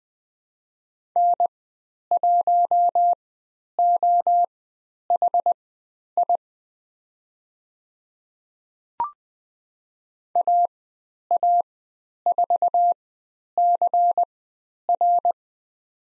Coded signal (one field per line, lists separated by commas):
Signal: Morse code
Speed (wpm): 20 wpm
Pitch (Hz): 700 Hz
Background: none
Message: N1OHI AA4CR